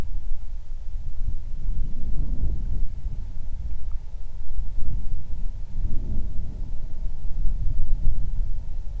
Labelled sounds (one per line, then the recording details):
bird
wind
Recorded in the Prudhoe Bay oil fields, Alaska, on 31 July 2019 at 07:39
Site 24